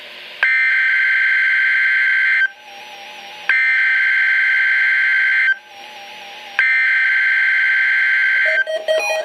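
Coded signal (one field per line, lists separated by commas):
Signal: Emergency Alert System (SAME) tones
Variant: header bursts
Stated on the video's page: Required weekly test from weather radio station KEC60, Milwaukee, Wisconsin.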